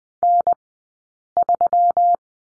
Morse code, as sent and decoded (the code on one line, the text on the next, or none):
-. ...--
N3